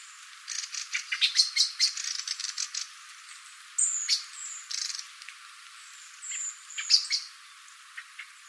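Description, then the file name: Common blackbird calls: sharp, high clicking notes strung into rattling bursts, with pauses between bursts, spread across the whole stretch. "Turdus merula"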